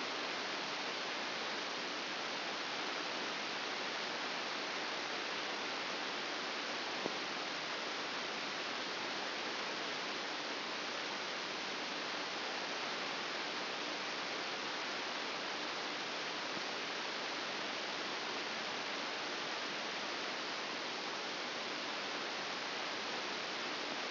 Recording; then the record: brain microelectrode recording played as sound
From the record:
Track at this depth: inside the subthalamic nucleus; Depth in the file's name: 5.462 mm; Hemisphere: left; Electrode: 2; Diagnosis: Parkinson's disease